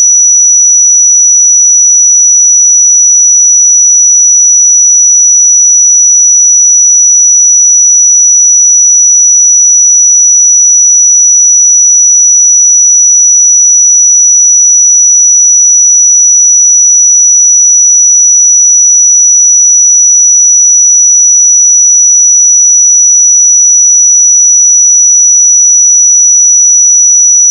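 A pure sine tone holds at 5888 Hz, a thin, bright, piercing whistle. It stays perfectly steady and unchanging in pitch and loudness for the full length, with no other sounds in the background.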